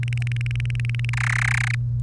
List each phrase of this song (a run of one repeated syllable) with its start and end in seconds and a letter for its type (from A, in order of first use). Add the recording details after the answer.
0.03-1.10 A, 1.13-1.75 B. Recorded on 1 May 2018 at 10:10. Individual llb3